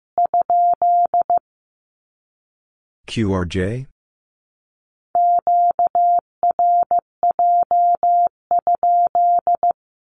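A Q-code is sent in Morse code as a steady mid-pitched beep keyed on and off in quick dots and dashes. A short burst of Morse opens the clip, a brief spoken word falls around the third second, and longer runs of Morse fill the second half.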